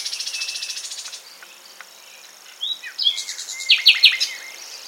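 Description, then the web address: Common nightingale song: a quick train of evenly repeated high pulses, a pause, then louder sharp chirps and a short burst of staccato notes. "SETE Luscinia megarhynchos"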